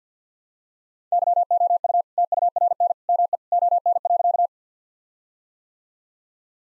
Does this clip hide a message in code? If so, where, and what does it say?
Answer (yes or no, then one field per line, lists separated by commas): yes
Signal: Morse code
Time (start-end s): 1.1-4.5 s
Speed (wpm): 50 wpm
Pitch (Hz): 700 Hz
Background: none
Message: YOU TURN ME ON.